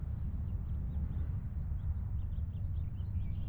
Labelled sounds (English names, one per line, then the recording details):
House Finch song
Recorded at Wantagh on Long Island, New York, on 21 May 1975
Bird E